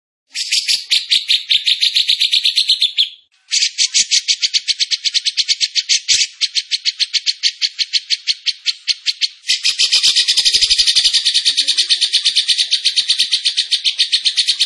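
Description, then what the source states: Bird song with a trill, a brief pause, then a long run of evenly repeated sharp notes that turns into a faster, fuller chatter. Masteran training recording from Indonesia of a bird singing energetically (gacor).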